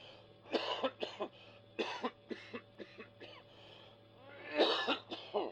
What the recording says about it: I heard him cough. He got out of his sick bed to come here this evening, you know. He was gassed during the First World War.